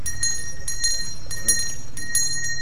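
A hand bell rings repeatedly in quick, uneven shakes, its bright metallic tones sustaining and overlapping, with a low murmur of voices underneath.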